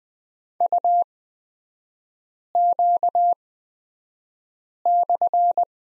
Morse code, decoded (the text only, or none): UQ/